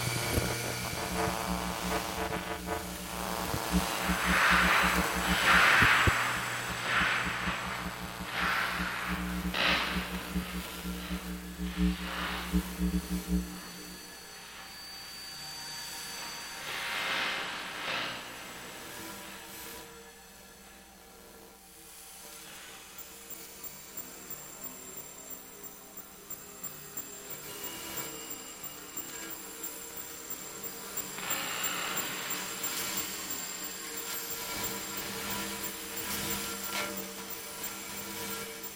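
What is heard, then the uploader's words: Electromagnetic hum and buzz picked up from electrical devices, built from many steady whining tones layered together. A heavy low drone dominates the first thirteen seconds, then drops away, leaving thinner buzzing with brief hissy bursts around five to ten seconds and again near seventeen and thirty-one. Electromagnetic energy converted into audio energy. This piece incorporates electromagnetic sound recordings of electrical devices such as cell phones, tablets, keyboards, laptops, printers, hard drives, etc.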